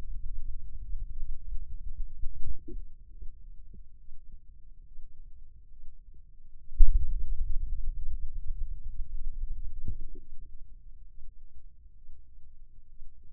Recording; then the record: forearm muscle sounds (acoustic myography)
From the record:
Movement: ulnar deviation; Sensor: system 2, bracelet of six BSWA MPA416 microphones around the upper forearm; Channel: 5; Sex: male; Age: 22 years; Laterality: right